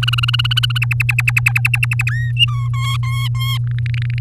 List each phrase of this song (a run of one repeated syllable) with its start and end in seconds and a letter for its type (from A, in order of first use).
0.02-0.78 A, 0.81-2.10 B, 2.11-2.32 C, 2.36-2.68 D, 2.73-3.58 E, 3.67-4.19 F